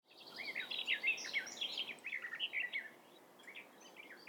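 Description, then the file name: Eurasian blackcap warbling song, a rapid jumble of scratchy and clearer notes for about three seconds, then fading into faint twitters. "Sylvia atricapilla"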